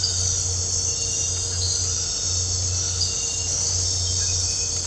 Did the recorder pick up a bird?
no